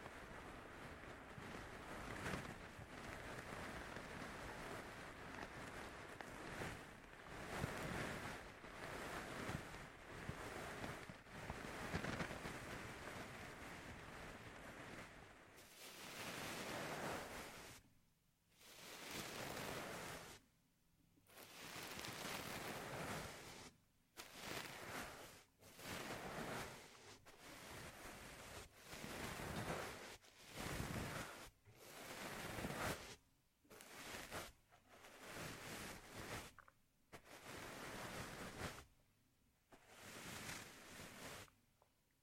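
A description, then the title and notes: Intense ear massage: loud rubbing and brushing, a dense hissing rush that fills from low rumble to bright edges. For the first fifteen seconds it runs almost without pause in quick pulses, then breaks into separate strokes a second or two long with brief silences between. ASMR Intense Ear Massage. (No Talking).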